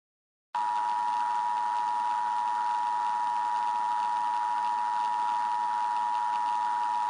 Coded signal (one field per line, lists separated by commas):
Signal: Emergency Alert System (SAME) tones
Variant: 853 and 960 Hz attention tone